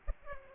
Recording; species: mosquito wingbeat signal from an infrared sensor; Aedes aegypti